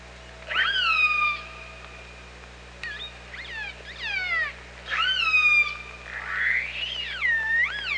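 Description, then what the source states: Orca calls, loud harmonic calls that rise sharply then hold level, mixed with shorter descending sweeps and a wavering rising call near the end, over low hum. Recorded by OrcaLab on 24 August 2017 at about 07:50.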